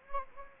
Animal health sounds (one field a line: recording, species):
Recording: mosquito wingbeat signal from an infrared sensor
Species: Anopheles gambiae